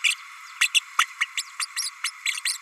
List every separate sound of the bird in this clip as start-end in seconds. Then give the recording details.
0.04-0.15, 0.61-0.70, 0.74-0.81, 0.98-1.05, 1.20-1.25, 1.37-1.42, 1.59-1.65, 1.76-1.90, 2.04-2.11, 2.25-2.40, 2.45-2.57. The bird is a female. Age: 32 days. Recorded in a nest box in Venezuela. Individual 17B32A5